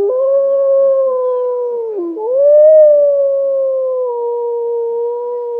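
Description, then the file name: Grey wolf howling one long, steady tone that dips briefly midway then rises and eases slightly lower to the end. "serij volk canis lupus"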